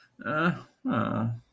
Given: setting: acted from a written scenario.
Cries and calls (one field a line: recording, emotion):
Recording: vocal sound without words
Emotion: sympathy